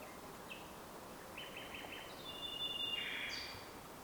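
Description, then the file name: Common nightingale song with short chirps, a quick stuttering series, then a drawn-out whistle and a final high note, over steady background hiss. "Luscinia megarhynchos"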